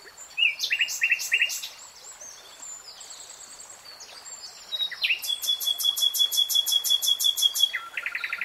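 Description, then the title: Nightingale song: loud chattering bursts, a quiet stretch of soft notes, then a long fast series of sharp repeated clicks and a buzzy ending. Singing, from a three-hour real-time recording. "[Tiếng chim hót] 3 Hours REALTIME Nightingale Singing"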